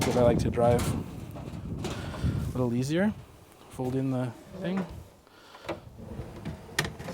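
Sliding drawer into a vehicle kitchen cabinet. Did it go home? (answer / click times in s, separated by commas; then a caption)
yes / 6.8 s. Someone talks while a kitchen drawer in a Jeep's vehicle kitchen cabinet is pushed shut along its slides. The drawer's lock catches with a sharp click at 6.8 s, and the drawer locks in place.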